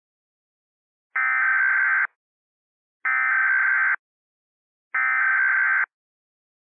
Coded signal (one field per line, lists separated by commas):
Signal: Emergency Alert System (SAME) tones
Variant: header bursts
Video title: EAS Scenario #6 The Red Flash (Remastered) in collaboration with @HiatusUntilDecember1st